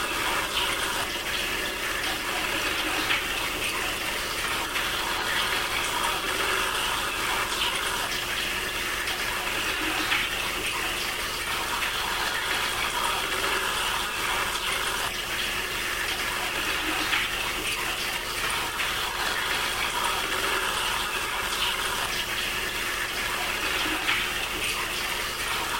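A kettle roars steadily with a dense, bright hiss of water coming to the boil, the level holding even for the whole stretch with small crackles scattered through it. Underneath runs a constant low electrical hum and a faint steady tone.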